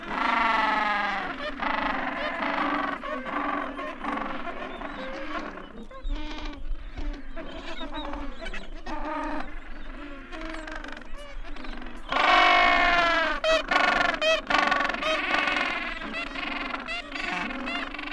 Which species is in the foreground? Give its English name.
Gentoo Penguin